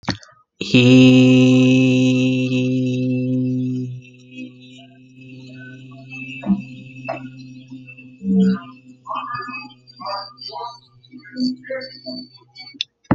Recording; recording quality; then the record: sustained vowel as in beet; moderate, slight background noise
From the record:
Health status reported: healthy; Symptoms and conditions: hypertension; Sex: male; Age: 35 years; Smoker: yes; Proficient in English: yes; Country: United States